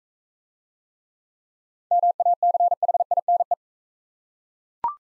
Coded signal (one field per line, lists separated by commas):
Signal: Morse code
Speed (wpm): 40 wpm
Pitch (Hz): 700 Hz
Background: none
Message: MACHINE